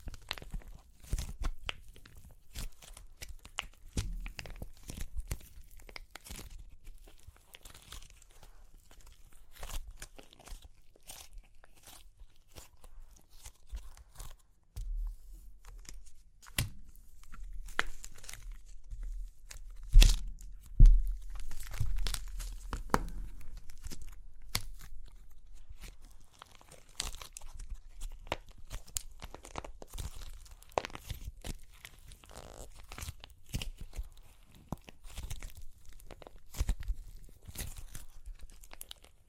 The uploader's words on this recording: Super Crunchy Clay Cracking (No Talking).